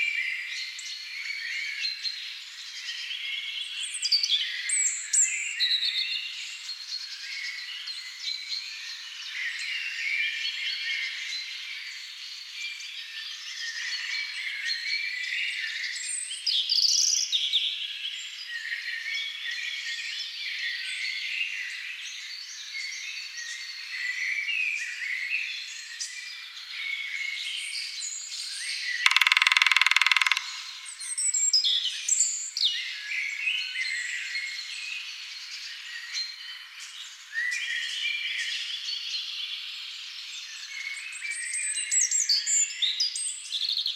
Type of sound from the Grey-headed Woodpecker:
song